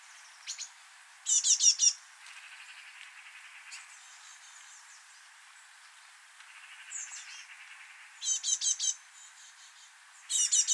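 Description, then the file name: Great tit calls: short bursts of four or five sharp, high ticking notes, heard three times, with a fainter buzzy chatter running low beneath. "Parus major"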